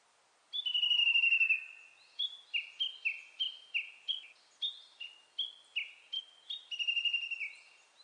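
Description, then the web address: Japanese bush warbler: a long high note, then a rapid, even series of repeated downslurred chirps, ending with another drawn-out note, over light hiss. Recorded on 29 April 2001. "2001 010429 uguisu"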